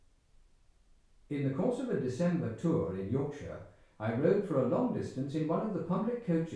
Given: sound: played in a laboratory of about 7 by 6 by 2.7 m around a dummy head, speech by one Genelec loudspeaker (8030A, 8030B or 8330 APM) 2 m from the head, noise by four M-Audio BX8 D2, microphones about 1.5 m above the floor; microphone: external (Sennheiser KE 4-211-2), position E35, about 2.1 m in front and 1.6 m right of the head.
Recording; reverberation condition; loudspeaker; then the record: male speech in English; medium; 60 degrees to the right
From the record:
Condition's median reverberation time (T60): about 510 ms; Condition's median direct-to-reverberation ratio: about -0.5 dB